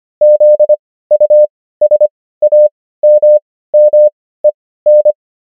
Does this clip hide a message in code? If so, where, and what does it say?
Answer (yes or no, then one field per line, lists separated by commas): yes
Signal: Morse code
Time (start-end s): 0.2-5.1 s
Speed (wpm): 25 wpm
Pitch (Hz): 600 Hz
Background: none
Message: ZUSAMMEN